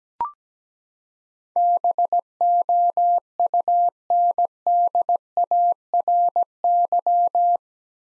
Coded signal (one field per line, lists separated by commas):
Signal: Morse code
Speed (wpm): 17 wpm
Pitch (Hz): 700 Hz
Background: none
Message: BOUNDARY